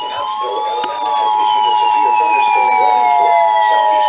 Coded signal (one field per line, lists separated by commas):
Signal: Emergency Alert System (SAME) tones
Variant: 853 and 960 Hz attention tone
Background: speech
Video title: NOAA Radio (EAS # 385-395) Alerts From 6/22/18